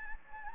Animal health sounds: mosquito wingbeat signal from an infrared sensor; Anopheles gambiae

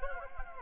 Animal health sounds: mosquito wingbeat signal from an infrared sensor; Anopheles gambiae

